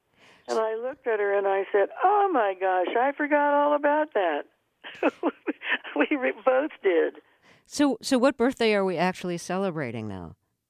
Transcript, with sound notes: And I looked at her, and I said, oh, my gosh, I forgot all about that. (Laughter) We both did.
So what birthday are we actually celebrating now?